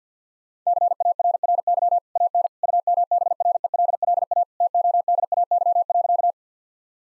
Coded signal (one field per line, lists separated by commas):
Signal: Morse code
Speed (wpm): 50 wpm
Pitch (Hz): 700 Hz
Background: none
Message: CARRY AN UMBRELLA TODAY.